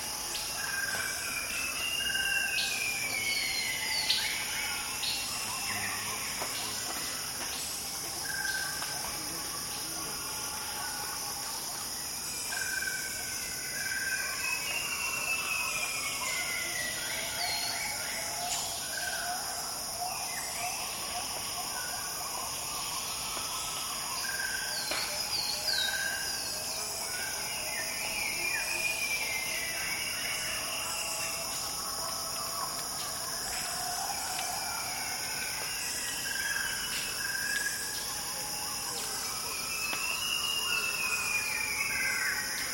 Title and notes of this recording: Borneo rainforest - Calm morning at Maliau Basin. Jungle mornings in Borneo are pretty lively, with plenty of birds singing and mammals calling.